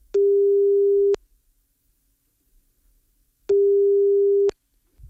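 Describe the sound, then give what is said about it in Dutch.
Two long, steady electronic ringing tones of an outgoing phone call, each lasting about a second with a pause between, a single mid-low pitch, clear and alone with no voices. “Ik vond zijn telefoonnummer en ik belde hem op.”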